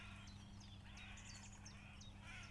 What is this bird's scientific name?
Phylloscopus collybita